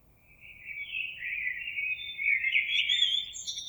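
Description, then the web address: Common blackbird song, one long continuous phrase of warbled, flute-like notes that rises into high squeaky twitters, over a soft low background noise. Recorded on 26 April 2022. "oiseaux Merle 2022 04 26"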